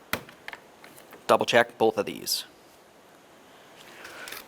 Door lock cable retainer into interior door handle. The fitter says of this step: swing it around and then latch it in same as before